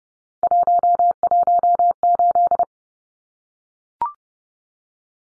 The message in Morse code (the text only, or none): 118